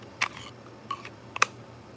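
A finished folding knife is worked by hand after handle finishing, with soft clicks and handling sounds near 0.2, 0.9 and 1.1 seconds. A sharp, loud click comes at 1.4 seconds as the blade or lock snaps into position in its handle, and the knife is judged to have a nice click.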